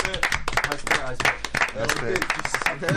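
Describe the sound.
An audience claps in a steady, dense patter of hand claps lasting the whole stretch, with voices talking and calling out over the applause.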